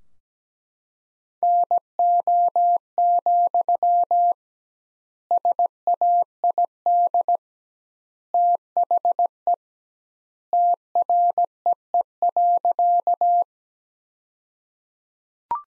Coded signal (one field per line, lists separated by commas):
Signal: Morse code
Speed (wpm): 17 wpm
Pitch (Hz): 700 Hz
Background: none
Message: NO, SAID THE TREE.